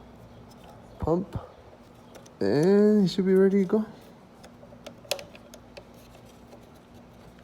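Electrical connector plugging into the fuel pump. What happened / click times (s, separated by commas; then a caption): The connector clicked home / 5.1 s. A plastic wiring connector is pushed onto a new fuel pump for a 350Z during installation. Someone talks, then the connector snaps home with one sharp click at 5.1 s, followed by a few faint ticks. The connector is seated.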